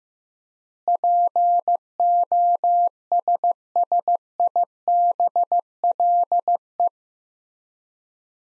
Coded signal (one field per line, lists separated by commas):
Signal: Morse code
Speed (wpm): 16 wpm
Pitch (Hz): 700 Hz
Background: none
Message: POSSIBLE